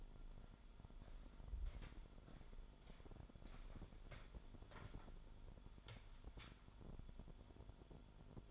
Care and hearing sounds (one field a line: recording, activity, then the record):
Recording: daily activity, microphone in the room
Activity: walk to room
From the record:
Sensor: 5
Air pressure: 1008.3 hPa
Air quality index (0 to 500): 123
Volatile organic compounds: 1 ppm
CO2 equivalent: 948 ppm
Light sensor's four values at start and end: 34/78/31/30 and 33/76/30/29